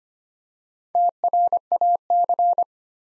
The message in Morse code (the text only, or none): TRAC